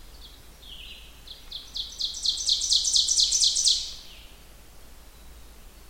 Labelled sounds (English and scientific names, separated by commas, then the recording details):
Ovenbird (Seiurus aurocapilla) song
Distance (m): 20 m
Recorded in boreal forest in Alberta, Canada, on 16 June 2016 at 05:38
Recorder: SongMeter 3, array SBT-3-32
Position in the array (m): 118 m, 22 m
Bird 36